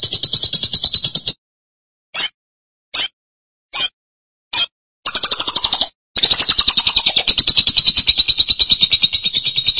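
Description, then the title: Lovebird chattering calls: a harsh buzzy stream, then a few short separate chirps, then long continuous rapid high chattering with a falling whistled note. "BM Suara Burung Lovebird"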